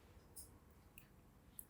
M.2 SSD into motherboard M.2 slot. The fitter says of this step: same thing line it up with the key it'll click in